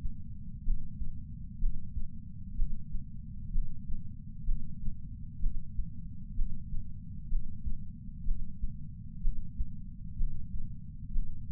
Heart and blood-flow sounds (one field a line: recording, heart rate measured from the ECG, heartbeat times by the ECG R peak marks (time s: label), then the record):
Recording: heart sounds by patch sensor on the chest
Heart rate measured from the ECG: 63 bpm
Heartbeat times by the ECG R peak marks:
0.64 s: heartbeat
1.59 s: heartbeat
2.56 s: heartbeat
3.52 s: heartbeat
4.45 s: heartbeat
5.40 s: heartbeat
6.35 s: heartbeat
7.29 s: heartbeat
8.25 s: heartbeat
9.22 s: heartbeat
10.17 s: heartbeat
11.13 s: heartbeat
From the record:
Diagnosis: coronary artery disease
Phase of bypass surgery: preoperative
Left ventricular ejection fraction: 36.6%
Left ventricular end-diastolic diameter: 43 mm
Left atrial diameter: 33 mm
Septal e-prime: 3.9 cm/s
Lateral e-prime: 8 cm/s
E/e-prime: 10.3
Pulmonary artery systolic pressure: 22 mmHg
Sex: female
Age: 80 years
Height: 150 cm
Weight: 49 kg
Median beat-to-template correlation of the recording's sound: 0.90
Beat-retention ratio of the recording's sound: 0.98